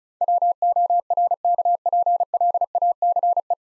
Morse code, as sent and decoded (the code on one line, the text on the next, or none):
.-- --- .-. -.- .--. .-.. .- -.-. .
WORKPLACE